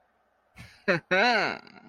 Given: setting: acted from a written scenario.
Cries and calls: vocal sound without words; pride

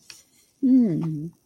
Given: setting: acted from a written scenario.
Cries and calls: vocal sound without words; desire

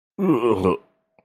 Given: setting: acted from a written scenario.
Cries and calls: vocal sound without words; disgust

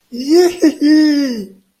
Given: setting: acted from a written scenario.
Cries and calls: vocal sound without words; pride

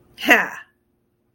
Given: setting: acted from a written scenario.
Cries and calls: vocal sound without words; triumph

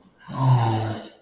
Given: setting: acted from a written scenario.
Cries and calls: vocal sound without words; sympathy

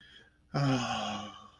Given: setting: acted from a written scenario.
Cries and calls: vocal sound without words; contentment

